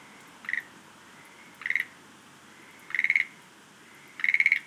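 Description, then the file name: Schlegel's green tree frog uttering four rattling pulsed calls, each a little longer and louder than the last. "rodolphe alexis - rhacophorus schlegelii"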